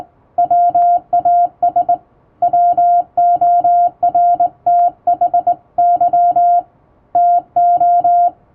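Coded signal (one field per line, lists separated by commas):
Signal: Morse code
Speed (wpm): 21 wpm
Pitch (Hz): 700 Hz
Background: music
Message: WAS WORTHY TO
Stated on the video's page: Hand-keyed Morse sent on a vertical straight key with correct posture, a basic sending lesson using an English-language telegram practice book.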